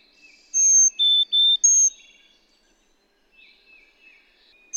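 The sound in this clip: Carolina chickadee giving a four-note whistled phrase: a high note, two lower notes, then a high note again, with faint soft notes before and after.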